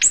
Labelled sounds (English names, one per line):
Ovenbird flight call